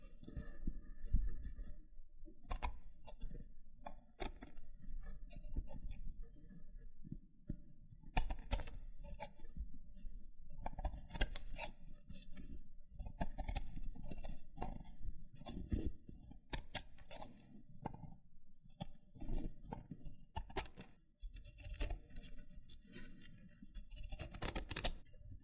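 Loofah triggers: scratchy rubbing and crinkly peeling with frequent sharp pops and clicks scattered throughout. A low rumbling texture runs underneath the whole time, with denser bursts of crackling around the eighth, sixteenth and final seconds.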